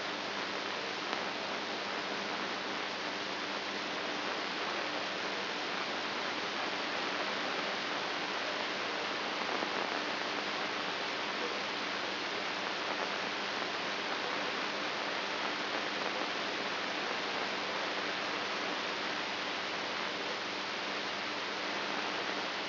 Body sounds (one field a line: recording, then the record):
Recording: brain microelectrode recording played as sound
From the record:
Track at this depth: inside the subthalamic nucleus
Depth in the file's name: 4.316 mm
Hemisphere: right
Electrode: 2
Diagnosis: Parkinson's disease